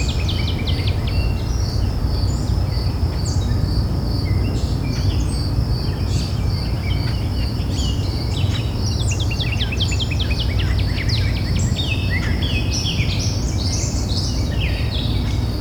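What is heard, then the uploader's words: Birds chirp constantly beside a highway, their quick bright calls tumbling over one another, busiest in the second half. A steady high insect-like whine runs through the upper range, while a dense, low rumble of traffic roars underneath without pause. Chirping Birds Near The Highway.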